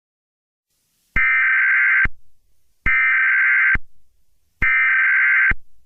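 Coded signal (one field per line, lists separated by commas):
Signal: Emergency Alert System (SAME) tones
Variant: header bursts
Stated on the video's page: Fictional EAS scenario.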